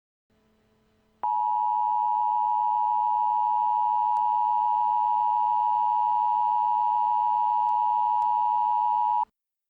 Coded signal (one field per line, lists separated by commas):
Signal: Emergency Alert System (SAME) tones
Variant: 853 and 960 Hz attention tone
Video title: Severe Thunderstorm Warning EAS: Wichita, KS